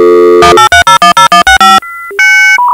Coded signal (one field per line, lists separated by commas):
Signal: DTMF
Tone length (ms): 120 ms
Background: music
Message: 183010165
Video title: Modems Dial-Up For Connecting Internet - Sound Effects [Nostalgic] {HQ Audio}